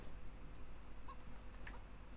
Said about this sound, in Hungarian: Ott egy csirke.